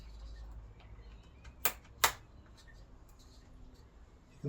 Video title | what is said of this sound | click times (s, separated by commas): New Computer Build MSI Z790, 15 USB3.x and 4 USB 2 ports | You can feel it sort of click into place. | 1.7 s, 2.0 s